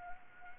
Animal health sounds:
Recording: mosquito wingbeat signal from an infrared sensor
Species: Anopheles gambiae

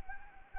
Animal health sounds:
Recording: mosquito wingbeat signal from an infrared sensor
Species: Anopheles gambiae

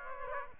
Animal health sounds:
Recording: mosquito wingbeat signal from an infrared sensor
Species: Aedes aegypti

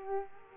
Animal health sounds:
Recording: mosquito wingbeat signal from an infrared sensor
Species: Culex quinquefasciatus

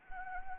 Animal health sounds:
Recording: mosquito wingbeat signal from an infrared sensor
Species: Anopheles gambiae

